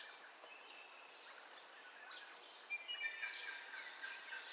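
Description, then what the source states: Dawn bird chorus of faint, overlapping chirps and thin whistles, growing busier in the second half over steady hiss. Dawn ambience of bird calls, recorded in stereo.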